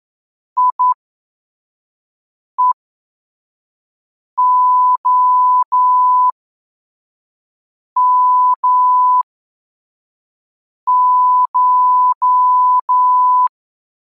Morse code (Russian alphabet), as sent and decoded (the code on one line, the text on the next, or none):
.. . --- -- ----
ИЕОМШ